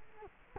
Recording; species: mosquito wingbeat signal from an infrared sensor; Culex quinquefasciatus